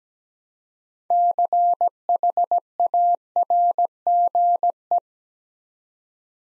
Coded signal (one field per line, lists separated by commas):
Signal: Morse code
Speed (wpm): 17 wpm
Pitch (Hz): 700 Hz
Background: none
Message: CHARGE